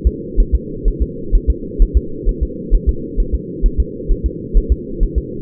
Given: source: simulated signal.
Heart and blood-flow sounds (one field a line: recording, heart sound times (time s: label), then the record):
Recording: fetal heart sounds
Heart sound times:
0.07 s: S2
0.40 s: S1
0.55 s: S2
0.88 s: S1
1.02 s: S2
1.35 s: S1
1.50 s: S2
1.82 s: S1
1.97 s: S2
2.29 s: S1
2.43 s: S2
2.75 s: S1
2.89 s: S2
3.20 s: S1
3.35 s: S2
3.66 s: S1
3.80 s: S2
4.12 s: S1
4.26 s: S2
4.57 s: S1
4.72 s: S2
5.03 s: S1
5.18 s: S2
From the record:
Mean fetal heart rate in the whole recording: 130 bpm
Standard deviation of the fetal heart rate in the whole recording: 2 bpm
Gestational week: 38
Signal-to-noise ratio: -4.3 dB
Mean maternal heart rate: 72 bpm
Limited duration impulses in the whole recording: absent